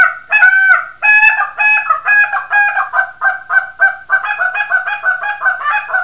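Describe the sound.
Canada goose honking loudly and repeatedly in a rapid series of nasal honks that speed up toward the end.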